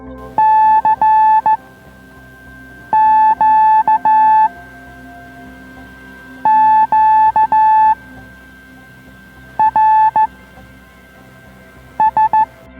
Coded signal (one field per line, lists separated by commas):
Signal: Morse code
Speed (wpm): 15 wpm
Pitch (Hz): 870 Hz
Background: music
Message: C Q Q R S